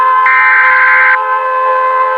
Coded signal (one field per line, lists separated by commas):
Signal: Emergency Alert System (SAME) tones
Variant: header bursts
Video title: All South American EAS Alarms